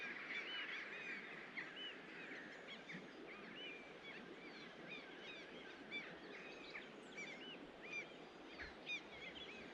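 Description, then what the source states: Birds singing in a dense chorus of high chirps and short whistled notes that overlap throughout, with a faint steady background hiss. Recorded at a riverside.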